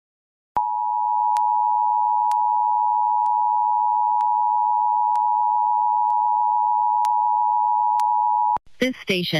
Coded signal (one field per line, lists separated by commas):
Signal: Emergency Alert System (SAME) tones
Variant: 853 and 960 Hz attention tone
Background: speech